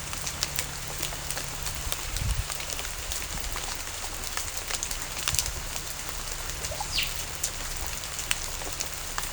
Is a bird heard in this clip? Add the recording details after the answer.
no. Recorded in pastures near Puerto Asís, Putumayo, Colombia, on 18 December 2024 at 16:00. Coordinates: 0.497, -76.327. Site G088